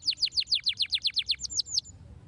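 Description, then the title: Canary giving a rhythmic series of about a dozen sharp, downward-sweeping whistled notes, trailing off at the end. Belgian canary song played to make young canaries active and singing. "Canto Para Esquentar Canário Belga. RANGSANGAN SUARA BURUNG KENARI GACOR - BIKIN KENARI MUDA JADI AKTIF BUNYI DAN BERKICAU"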